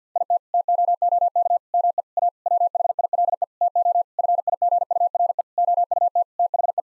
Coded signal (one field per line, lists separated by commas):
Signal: Morse code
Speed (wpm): 48 wpm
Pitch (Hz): 700 Hz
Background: none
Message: IT TOOK ME A WHILE TO FIGURE OUT THE